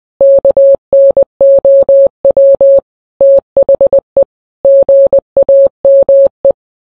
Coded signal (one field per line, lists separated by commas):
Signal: Morse code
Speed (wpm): 20 wpm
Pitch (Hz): 550 Hz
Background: none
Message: KNOW THE GAME